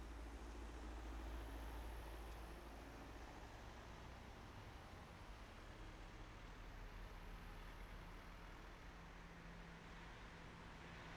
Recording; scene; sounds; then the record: everyday scene through a hearing-aid microphone; in traffic; traffic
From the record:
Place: main road on the outskirts, rush hour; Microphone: behind the ear, right, front